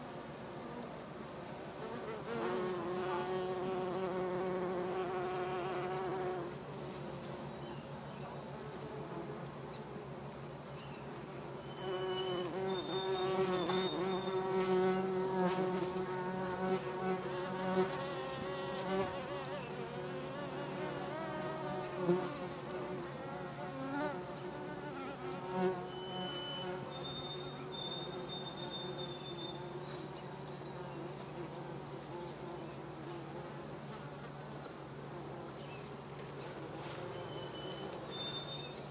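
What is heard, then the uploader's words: Big bees buzz, their droning hum swelling and fading as they zoom past, with a faint bird chirping occasionally in the background. Bees, Gros Morne National Park, Newfoundland, Canada in August 2022. I made this tiny recording of bees in Gros Morne National Park on the west coast of Newfoundland. It was August, 2022, peak summer, and the big bees were zooming.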